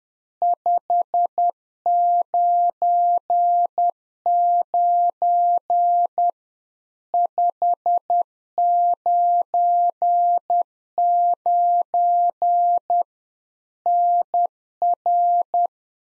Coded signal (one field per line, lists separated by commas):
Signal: Morse code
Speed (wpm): 10 wpm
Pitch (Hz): 700 Hz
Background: none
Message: 599 599 NR